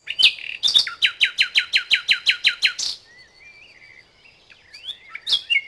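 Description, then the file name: Bird song: a rapid series of many sharp, downslurred notes, then soft twittering warbles and a few high chirps. "Macworld"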